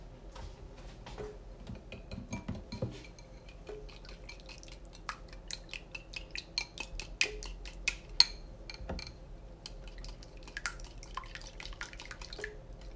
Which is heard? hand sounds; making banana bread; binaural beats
making banana bread